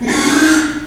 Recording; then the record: squeal of a Yucatan mini pig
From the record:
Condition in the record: after surgery on the right vocal fold (resection and tissue-engineered implant); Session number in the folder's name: 3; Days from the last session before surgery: 33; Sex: male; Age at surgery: 12 weeks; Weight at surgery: 13 kg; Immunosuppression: cyclosporine, prednisolone